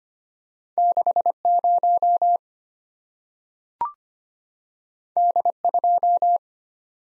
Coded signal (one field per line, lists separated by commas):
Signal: Morse code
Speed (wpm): 25 wpm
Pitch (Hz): 700 Hz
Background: none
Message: 60 D2